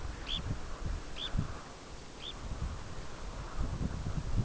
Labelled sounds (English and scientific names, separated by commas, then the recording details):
Red Phalarope (Phalaropus fulicarius)
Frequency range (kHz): Red Phalarope (Phalaropus fulicarius) 1.7-7.6 kHz
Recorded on Arctic tundra, site UTQI-5, on 14 June 2019
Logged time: 04:00